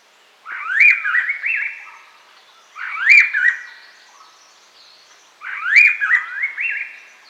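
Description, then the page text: Silver-eared laughingthrush calling: three rich, slurred whistled phrases with rising and falling notes, each about a second and a half long, spaced roughly every two and a half seconds. "Silver-Eared Laughingthrush Call Sound Effect. Quick Sounds"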